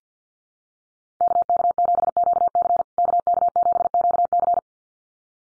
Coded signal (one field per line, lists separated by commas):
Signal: Morse code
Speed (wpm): 49 wpm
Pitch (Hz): 700 Hz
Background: none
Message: KK7QC KK7QC